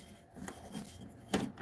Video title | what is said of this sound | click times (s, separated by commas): How to clean the filter for the sony vpl fh30 and where to change the lamps on the Christie's | It'll push in and it clicks in. It's not coming out. | 0.5 s, 1.3 s